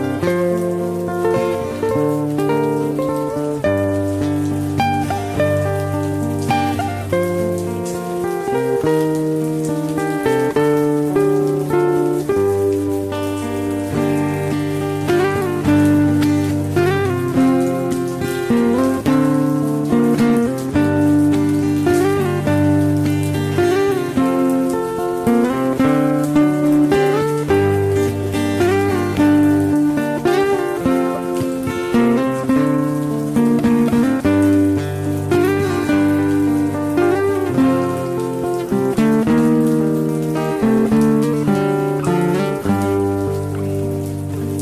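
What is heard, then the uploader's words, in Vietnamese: Guitar music plays over a steady patter of rain for the whole stretch. Plucked notes move through a mid-range melody above held low bass tones that shift every few seconds, while the rain adds a constant bright hiss with no pauses. Nhạc Guitar với tiếng mưa.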